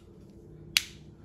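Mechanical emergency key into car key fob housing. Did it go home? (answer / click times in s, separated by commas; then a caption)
yes / 0.8 s. A metal emergency key is pushed back into a Kia plastic key fob housing and clicks sharply into place at 0.8 s, a single bright snap over a quiet low hum. The key is seated and locked in the fob.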